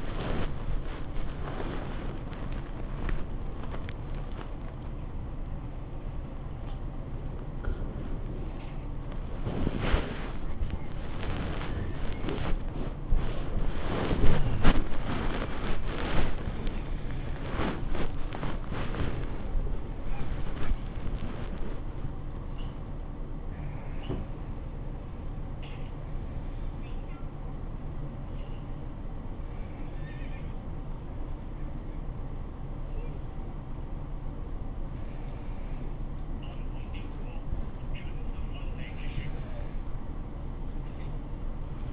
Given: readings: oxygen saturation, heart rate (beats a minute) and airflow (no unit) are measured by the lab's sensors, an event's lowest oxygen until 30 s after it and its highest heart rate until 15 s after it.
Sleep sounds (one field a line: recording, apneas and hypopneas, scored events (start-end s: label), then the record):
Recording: a person awake in a sleep study, by a smartphone at the bedside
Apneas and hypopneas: none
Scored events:
0.00-41.93 s: awake
From the record:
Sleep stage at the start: awake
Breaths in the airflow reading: 18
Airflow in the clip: -0.7 to 0.6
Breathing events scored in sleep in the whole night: 403 in 5.5 hours asleep